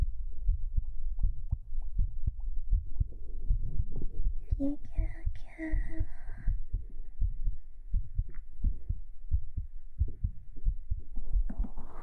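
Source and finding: Heartbeat by microphone. Heartbeat.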